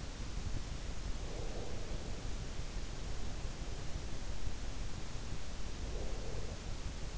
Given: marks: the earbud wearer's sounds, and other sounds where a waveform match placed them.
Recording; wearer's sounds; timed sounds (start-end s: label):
sounds in sleep by an in-ear microphone; breath
1.16-2.47 s: breath
5.66-6.83 s: breath